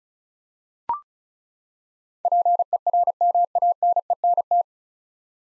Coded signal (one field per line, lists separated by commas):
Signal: Morse code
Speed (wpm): 36 wpm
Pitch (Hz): 700 Hz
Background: none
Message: PERMANENT